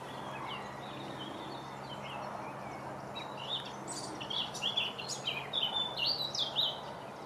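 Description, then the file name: Blackcap song, quiet at first then a lively burst of high warbled, varied notes in the second half, over a steady low hum. "طائر القبعة السوداء"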